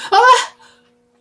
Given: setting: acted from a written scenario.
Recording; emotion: vocal sound without words; negative surprise